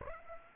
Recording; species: mosquito wingbeat signal from an infrared sensor; Aedes aegypti